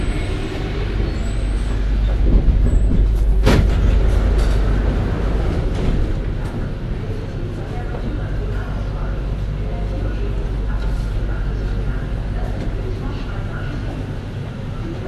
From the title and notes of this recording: The Parisian metro between Hotel de ville and Chatelet. Recorded by Dialekti Valsamou-Stanislawski. Door closing signal, the doors close, it accelerates, some people speak in the background.